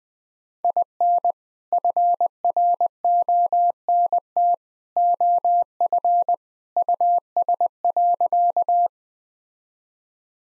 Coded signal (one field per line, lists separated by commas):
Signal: Morse code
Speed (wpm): 20 wpm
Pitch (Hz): 700 Hz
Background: none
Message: IN FRONT OF US.